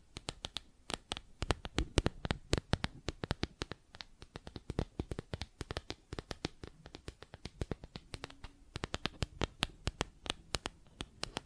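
Plastic objects are tapped in a rapid, uneven stream of sharp clicks that continues for the whole eleven seconds. The taps come several per second, crisp and bright, with a denser cluster around two to three seconds and brief scratchy rustles between them.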